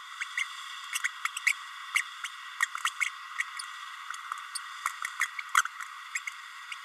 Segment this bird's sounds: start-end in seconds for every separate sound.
0.20-0.24, 0.37-0.43, 0.93-0.99, 1.04-1.08, 1.25-1.28, 1.46-1.53, 1.95-2.02, 2.23-2.27, 2.62-2.66, 2.84-2.90, 2.99-3.05, 5.21-5.26, 5.57-5.62, 6.15-6.19